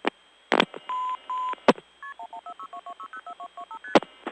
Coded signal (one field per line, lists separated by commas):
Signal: multi-frequency trunk signalling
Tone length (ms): 90 ms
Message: KP114622604225ST